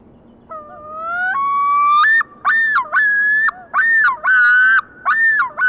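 Loon calling: long wavering wail rising in steps, then rapid yodelling tremolo phrases with pulsing, quavering notes, repeated in bursts.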